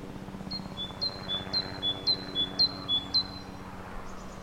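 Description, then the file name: Great tit singing six evenly spaced two-note whistles, high then slightly lower, about two per second, over a low steady hum. "Parus major"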